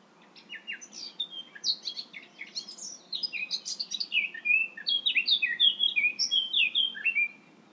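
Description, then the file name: Eurasian blackcap song, a fast tumbling warble of varied chirps and slurred notes that grows louder and richer through the second half. "Sylvia atricapilla"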